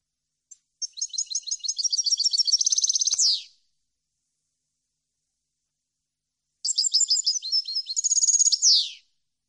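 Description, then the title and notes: European goldfinch song in two bursts of quick liquid twitters building to a fast trill and a falling slurred note, with a long silent gap between them. Clean goldfinch song recording on CD, made for song training of birds to copy. "Cd de canto de jilguero limpio para copia."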